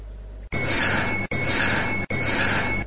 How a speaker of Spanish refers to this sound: Una campanilla de fondo y una respiración. Una campanilla y una respiración. Muchas veces una psicofonía no obtiene por qué ser una frase, una palabra, una oración. A veces es solo un sonido.